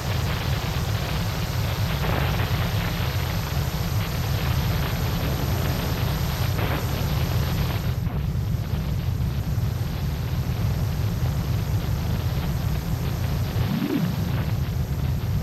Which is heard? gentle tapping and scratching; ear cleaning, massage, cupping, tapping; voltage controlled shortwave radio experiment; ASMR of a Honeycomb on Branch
voltage controlled shortwave radio experiment